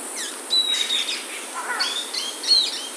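Bird calls: a thin high whistle held for about half a second, then scattered short chirps and rising notes, ending with another sharp high whistle over faint background hiss.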